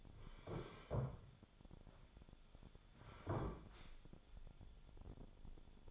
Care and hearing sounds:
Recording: daily activity, microphone in the room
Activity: sit down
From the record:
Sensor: 5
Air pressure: 1015.4 hPa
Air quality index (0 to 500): 172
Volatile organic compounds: 6 ppm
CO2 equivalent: 1864 ppm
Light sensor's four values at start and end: 37/84/34/33 and 37/84/34/33

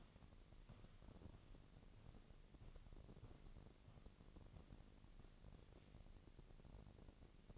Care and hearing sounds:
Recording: daily activity, microphone in the room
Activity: walk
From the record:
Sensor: 4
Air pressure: 1013.0 hPa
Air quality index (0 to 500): 173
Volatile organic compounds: 2 ppm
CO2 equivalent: 1097 ppm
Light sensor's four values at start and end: 72/178/76/81 and 72/178/76/81

